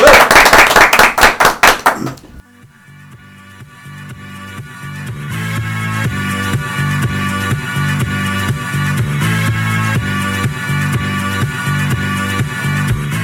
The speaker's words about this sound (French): Eh bien, on applaudit